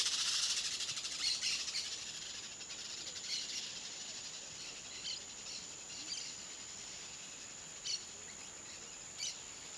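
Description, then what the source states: Parakeet calls: a dense burst of harsh, scratchy high chatter at the start, then scattered short squawks, over a steady high-pitched insect drone. Parakeets flying away, at Vila de São Jorge; recorded in 5.1 surround.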